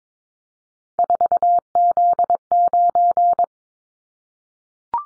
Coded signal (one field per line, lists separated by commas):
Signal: Morse code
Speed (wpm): 22 wpm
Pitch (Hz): 700 Hz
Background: none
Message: 4Z9